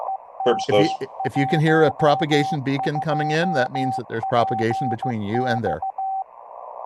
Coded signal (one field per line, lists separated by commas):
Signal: Morse code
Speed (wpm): 15 wpm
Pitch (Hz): 770 Hz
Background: speech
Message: EM12PX